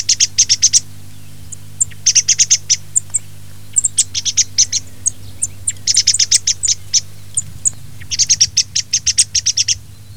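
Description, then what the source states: Thrush uttering bright, high clicking notes in quick repeated series, broken by short pauses, with a faint low drone throughout. Filtered recording.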